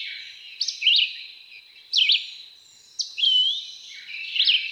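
Red-eyed Vireo phrases, slurred whistles delivered roughly once a second over a steady high background hiss.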